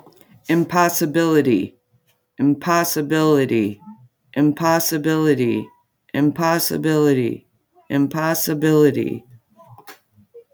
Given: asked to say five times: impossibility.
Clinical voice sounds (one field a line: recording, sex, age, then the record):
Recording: repeated word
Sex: female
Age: 30 to 39 years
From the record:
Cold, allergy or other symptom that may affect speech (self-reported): no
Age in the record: 38 years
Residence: Wisconsin, United States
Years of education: 12